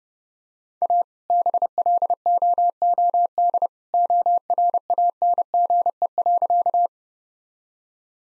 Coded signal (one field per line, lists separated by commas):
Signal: Morse code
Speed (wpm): 30 wpm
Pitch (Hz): 700 Hz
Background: none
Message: A BLOOD ORANGE.